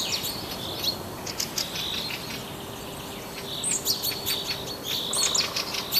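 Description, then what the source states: Birdsong of high chirps and short twittering phrases, scattered and uneven, over steady background noise. Forest habitat.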